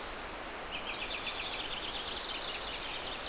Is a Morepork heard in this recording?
no